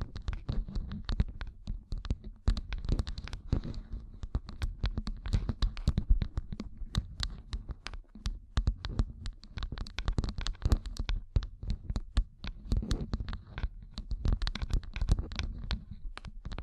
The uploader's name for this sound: Gem Covered Fingertips Tapping and Scratching